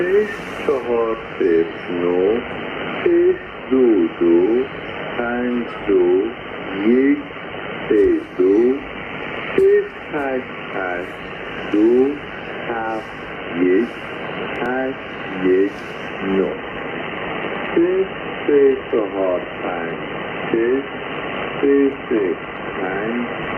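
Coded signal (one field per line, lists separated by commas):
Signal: numbers station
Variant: Farsi language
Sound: a voice reading short, evenly spaced words over a narrow, hissy radio channel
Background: radio static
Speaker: This was picked up on a Milan sta um monitoring station at 1,800 UTC. So probably like I don't know two hours ago I would say. Yeah 2 hours ago in um um in Milan today. So you can hear a Farsy language numbers station actually activating which is pretty re rare.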